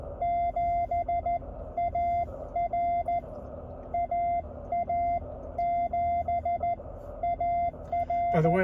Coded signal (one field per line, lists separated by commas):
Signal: Morse code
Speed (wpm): 14 wpm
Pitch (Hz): 690 Hz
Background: none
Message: 7AR AA7AR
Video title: A check of the K1 QRP go-kit from the car